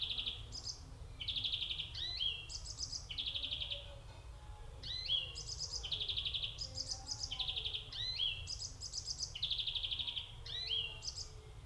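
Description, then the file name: European greenfinch: finch song: a busy, continuous run of short trills and quick rising and falling slurred notes with barely a pause. "Chloris chloris"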